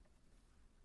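A plastic electrical wiring connector is handled at the indicator stalk switch of a Peugeot 107 / Toyota Aygo / Citroën C1, being fixed because the indicator only works when the stalk is held. Only a low, steady rumble and faint handling noise is heard, with no distinct hits. Nothing has seated or clicked yet.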